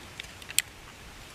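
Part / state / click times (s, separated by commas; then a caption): revolver cylinder into revolver frame / seated / 0.6 s. A spare .22 Magnum cylinder is put into a Chiappa single-action revolver frame while the base pin release button is held down, then centred and pushed home. Two small clicks at about 0.2 s and 0.5 s come before a sharp, bright snap at 0.6 s as the cylinder seats with a positive lock.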